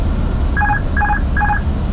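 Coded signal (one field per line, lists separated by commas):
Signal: none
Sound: cockpit warning chime beeps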